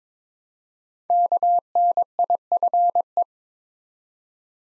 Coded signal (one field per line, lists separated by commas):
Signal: Morse code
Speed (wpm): 22 wpm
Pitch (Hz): 700 Hz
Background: none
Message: KNIFE